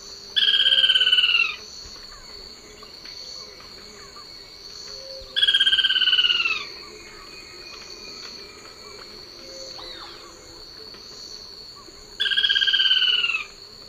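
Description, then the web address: Chestnut-crowned foliage-gleaner song: three loud, harsh rattling trills, each slightly falling and over a second long, spaced several seconds apart, over a steady high insect drone. Song recorded in the eastern lowlands of South America. "Natures Songs S America Eastern Lowlands. Automolus rufipileatus, song"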